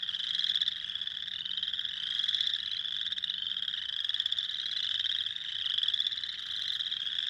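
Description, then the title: Spring peepers, a shrill, steady chorus of upslurred peeps with surges in volume. Several spring peepers, recorded 6 April 2021. "2021-04-06-Spring-Peepers"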